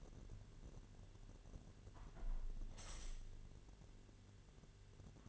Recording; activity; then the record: daily activity, microphone in the room; close window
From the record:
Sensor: 4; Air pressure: 1007.3 hPa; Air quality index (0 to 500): 198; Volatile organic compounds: 7 ppm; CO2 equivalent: 1973 ppm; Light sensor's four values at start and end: 23/73/28/27 and 23/73/28/27